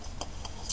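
The third small plastic wire connector of a Tech4rc backlight kit is plugged into a socket on a Spektrum DX6i transmitter board. Two quick, sharp ticks are heard at 0.2 and 0.5 seconds over a low steady background. The connector clicks in and is seated.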